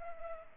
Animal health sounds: mosquito wingbeat signal from an infrared sensor; Culex pipiens

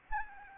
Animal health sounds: mosquito wingbeat signal from an infrared sensor; Anopheles arabiensis

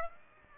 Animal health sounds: mosquito wingbeat signal from an infrared sensor; Aedes aegypti

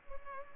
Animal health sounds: mosquito wingbeat signal from an infrared sensor; Culex pipiens

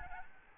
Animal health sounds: mosquito wingbeat signal from an infrared sensor; Aedes albopictus

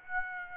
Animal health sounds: mosquito wingbeat signal from an infrared sensor; Aedes aegypti

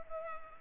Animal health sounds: mosquito wingbeat signal from an infrared sensor; Culex pipiens

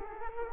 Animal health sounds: mosquito wingbeat signal from an infrared sensor; Culex quinquefasciatus

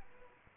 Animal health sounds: mosquito wingbeat signal from an infrared sensor; Aedes albopictus

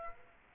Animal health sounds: mosquito wingbeat signal from an infrared sensor; Aedes aegypti

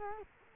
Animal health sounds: mosquito wingbeat signal from an infrared sensor; Culex quinquefasciatus

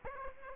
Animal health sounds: mosquito wingbeat signal from an infrared sensor; Aedes aegypti

